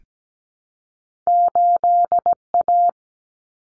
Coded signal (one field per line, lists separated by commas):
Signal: Morse code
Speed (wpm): 17 wpm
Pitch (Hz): 700 Hz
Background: none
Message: 8A